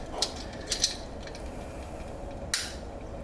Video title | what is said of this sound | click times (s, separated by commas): Trap Prep for Beginners(How to Prepare New Traps to Catch Coyotes)!!! | there's the click so the Trap is armed let's see let's check it out | 2.5 s